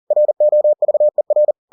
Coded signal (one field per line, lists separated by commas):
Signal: Morse code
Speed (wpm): 40 wpm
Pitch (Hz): 600 Hz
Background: none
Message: ROVER